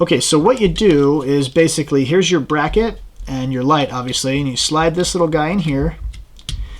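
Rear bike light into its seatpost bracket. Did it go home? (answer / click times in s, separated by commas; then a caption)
yes / 6.5 s. Someone talks while sliding a small rear bike light from Night ProVision's Line 120F & 120R set into its plastic seatpost mounting bracket. A couple of faint ticks are followed by a sharp click at 6.5 s as the light seats in the bracket.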